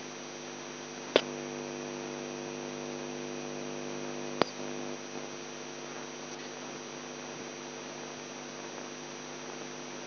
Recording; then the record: brain microelectrode recording played as sound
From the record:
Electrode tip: outside the subthalamic nucleus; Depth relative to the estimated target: 4 mm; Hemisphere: left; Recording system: AlphaMap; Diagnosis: Parkinson's disease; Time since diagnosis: 11 years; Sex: male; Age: 42 years